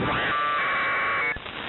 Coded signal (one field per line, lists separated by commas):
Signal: packet radio (AX.25, as in APRS)